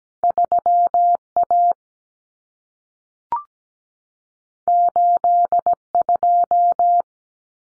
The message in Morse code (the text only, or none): 3A 82